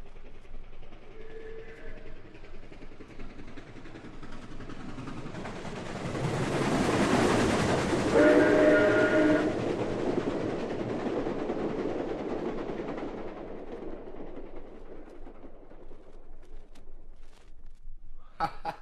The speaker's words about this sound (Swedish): Lyssna på det här tåget som sveper förbi vid en station. Du kommer att tydligt höra hur det rusar in ifrån höger och försvinner ut till vänster.